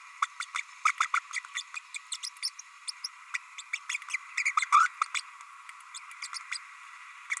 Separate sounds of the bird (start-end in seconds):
0.22-0.26, 0.40-0.45, 0.55-0.61, 0.85-0.92, 1.00-1.07, 1.13-1.19, 1.33-1.39, 1.55-1.62, 1.75-1.79, 1.94-1.98, 2.12-2.16, 2.23-2.29, 2.42-2.50, 2.87-2.91, 3.04-3.08, 3.33-3.38, 3.58-3.61, 3.73-3.79, 3.89-3.97, 4.09-4.17, 4.45-4.53, 4.57-4.65, 4.72-4.88, 5.14-5.21, 5.94-5.99, 6.22-6.27, 6.51-6.58, 7.30-7.36